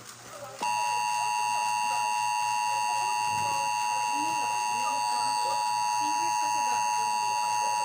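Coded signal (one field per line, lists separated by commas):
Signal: Emergency Alert System (SAME) tones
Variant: 853 and 960 Hz attention tone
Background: speech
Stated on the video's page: Fictional EAS scenario.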